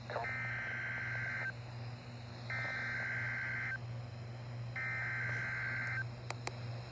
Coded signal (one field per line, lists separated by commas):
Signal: Emergency Alert System (SAME) tones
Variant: header bursts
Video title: EAS Completion #33 EAS Alerts from August 20 2026 EAS 1,141-1,147